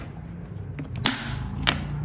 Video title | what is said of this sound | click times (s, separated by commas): EasyUp 80 Gallon Resin Deck Box, waterproof easy to assemble #deckbox #deck #outdoorstorage | so that's the one side clicked in place we're going to do the same thing on these other | 1.1 s, 1.7 s